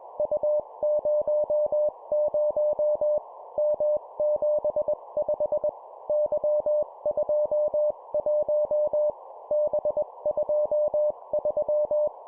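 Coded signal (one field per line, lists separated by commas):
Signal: Morse code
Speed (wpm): 21 wpm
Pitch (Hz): 600 Hz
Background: none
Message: U00 M75 Y21 B23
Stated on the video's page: 20 WPM Morse practice of three-character groups: letter, number, number.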